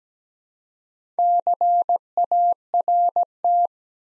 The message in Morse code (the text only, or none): CART